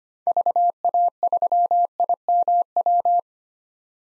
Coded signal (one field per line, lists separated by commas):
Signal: Morse code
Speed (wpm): 25 wpm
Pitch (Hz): 700 Hz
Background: none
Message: VA3IMW